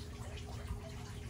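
A rubber spark plug cable boot with a metal clip is handled as it is being pushed back onto the spark plug terminal of a Generac 22KW generator engine during annual service. Only a steady, low rumbling background with faint handling noise is heard, with no sharp transients. Nothing has seated or clicked yet.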